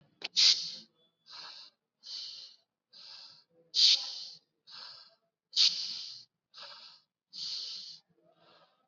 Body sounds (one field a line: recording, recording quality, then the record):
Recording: shallow breathing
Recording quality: excellent, no background noise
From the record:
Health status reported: COVID-19 positive, mild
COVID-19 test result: positive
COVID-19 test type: RT-PCR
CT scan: not taken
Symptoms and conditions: cough, cold, fever, fatigue, muscle pain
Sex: male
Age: 48 years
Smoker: no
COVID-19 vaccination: both doses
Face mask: worn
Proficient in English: yes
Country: India